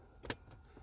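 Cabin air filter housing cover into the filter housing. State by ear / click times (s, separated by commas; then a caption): seated / 0.3 s. A plastic cabin air filter access cover is slid into its slot and clipped back onto the filter housing behind the glove box. A faint tap at about 0.25 s leads into a sharp click at 0.3 s as the cover seats, followed by a softer tick near 0.5 s. The cover is clipped on.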